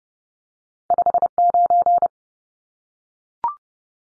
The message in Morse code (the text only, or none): 59